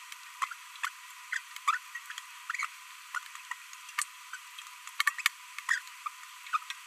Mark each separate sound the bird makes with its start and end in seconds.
0.42-0.45, 0.83-0.88, 1.33-1.38, 1.68-1.77, 3.15-3.18, 3.98-4.03, 5.00-5.02, 5.07-5.09, 5.19-5.21, 5.69-5.78, 6.53-6.57